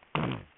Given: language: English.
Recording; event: throat vibration sensor signal played as sound; throat clearing